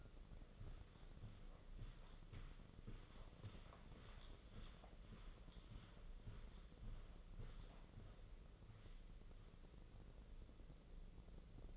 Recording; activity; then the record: daily activity, microphone in the room; walk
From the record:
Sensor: 4